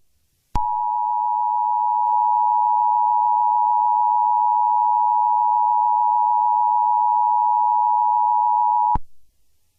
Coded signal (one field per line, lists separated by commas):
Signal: Emergency Alert System (SAME) tones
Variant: 853 and 960 Hz attention tone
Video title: EAS Scenario - Halloween Poison (Halloween Special 1)